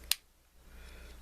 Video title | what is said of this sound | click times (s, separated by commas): Platinum Buck Whittaker | you do is just push it out locks into place and you have a pair of pliers now | 0.1 s